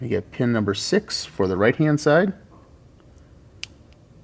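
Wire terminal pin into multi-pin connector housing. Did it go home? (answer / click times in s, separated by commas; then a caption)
yes / 3.6 s. On a Ranger XP 1000 turn signal kit, the right-hand turn signal wire terminal is pushed into pin six of a multi-pin plastic connector. Someone talks for the first couple of seconds. A single sharp click is heard at 3.6 seconds as the terminal seats, and it is confirmed in place before the alignment cover is slid back in.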